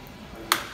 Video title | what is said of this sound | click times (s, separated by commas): CataRhex3 vitrectomy setup | so put another hole and clamp it down till it snaps | 0.5 s